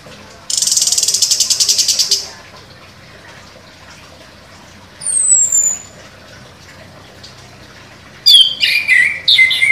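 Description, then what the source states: Orange-headed thrush song: a long rapid rattling buzz, a thin high whistle, then a burst of varied, quick warbled and scratchy notes. Song described as gacor.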